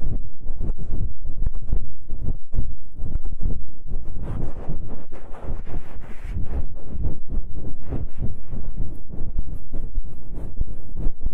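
An ear massage: dense, rubbing and scraping sounds that pulse unevenly, several strokes per second, heaviest in the low range with occasional brighter brushing crackles. Loudness stays fairly steady across the whole stretch, with a brief dip near the middle.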